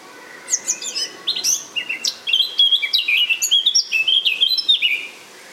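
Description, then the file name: Eurasian blackcap warbling: a fast, continuous jumble of scratchy and clear whistled notes. "Sylvia atricapilla"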